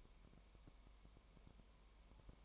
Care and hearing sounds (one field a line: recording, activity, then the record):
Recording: daily activity, microphone in the room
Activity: no activity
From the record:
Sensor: 1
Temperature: 19.1 degrees Celsius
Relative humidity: 34.1%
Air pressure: 1001.3 hPa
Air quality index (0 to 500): 82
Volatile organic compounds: 1 ppm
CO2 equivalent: 822 ppm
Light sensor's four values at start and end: 1/2/1/1 and 1/2/1/1